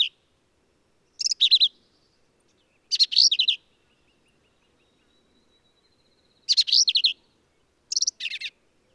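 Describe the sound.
Black-capped vireo song, short emphatic phrases of rapid buzzy and squeaky notes given at irregular intervals with quiet gaps between.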